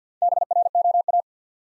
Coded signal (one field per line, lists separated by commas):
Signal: Morse code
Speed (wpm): 50 wpm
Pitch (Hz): 700 Hz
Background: none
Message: BROA